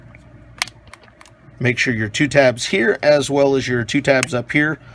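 The rear half of a PS4 controller's plastic shell is pushed down onto the front half during reassembly after a remap board install. Its plastic tabs snap into place with a sharp click at 0.6 s, followed by a few fainter ticks around 0.9 and 1.2 s. From about 1.6 s someone talks, and a slight gap remains in the shell for the screws to close.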